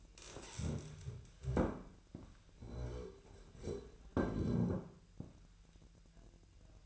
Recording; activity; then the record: daily activity, microphone in the room; stand up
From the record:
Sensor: 2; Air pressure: 1001.7 hPa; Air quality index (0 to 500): 242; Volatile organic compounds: 76 ppm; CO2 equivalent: 3577 ppm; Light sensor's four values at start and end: 10/23/10/10 and 8/18/8/8